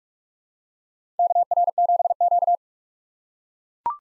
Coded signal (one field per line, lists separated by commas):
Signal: Morse code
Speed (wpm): 42 wpm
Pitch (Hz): 700 Hz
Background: none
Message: KR7Q